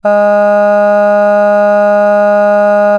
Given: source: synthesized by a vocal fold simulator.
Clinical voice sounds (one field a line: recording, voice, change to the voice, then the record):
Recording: sustained vowel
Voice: female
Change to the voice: none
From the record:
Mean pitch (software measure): 206 Hz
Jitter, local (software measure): 0.18%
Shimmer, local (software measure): 1.5%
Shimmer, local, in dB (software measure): 0.13 dB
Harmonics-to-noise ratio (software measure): 31.7 dB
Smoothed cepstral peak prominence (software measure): 18.9 dB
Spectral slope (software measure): -21.9 dB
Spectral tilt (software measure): -8.6 dB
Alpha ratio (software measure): -12.4 dB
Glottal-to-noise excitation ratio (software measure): 0.974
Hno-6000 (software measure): 2.4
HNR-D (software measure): 39.8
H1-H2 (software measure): 9.5 dB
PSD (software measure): 1.6e-05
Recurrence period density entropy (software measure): 0.132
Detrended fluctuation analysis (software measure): 0.0274